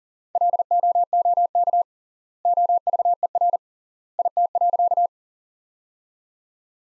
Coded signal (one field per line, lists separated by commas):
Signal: Morse code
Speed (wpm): 40 wpm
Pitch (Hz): 700 Hz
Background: none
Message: LOOK OVER IT.